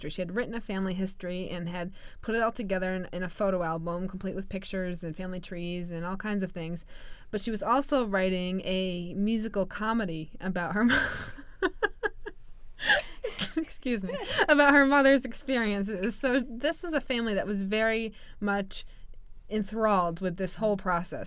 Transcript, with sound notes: She had written a family history and had put it all together in a photo album, complete with pictures and family trees and all kinds of things. But she was also writing a musical comedy about her mom, (they laugh) excuse me, about her mother's experiences, so this was a family that was very much enthralled with this whole process.